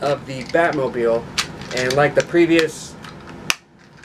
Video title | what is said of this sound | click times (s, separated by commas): McFarlane DC Multiverse Figures Unboxed - Nightwing, Batgirl, and Batman Who Laughs with Batmobile! | it just snaps right in nice little Batmobile | 3.5 s